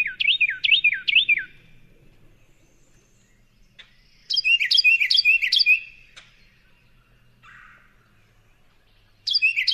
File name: Carolina Wren (Wild America)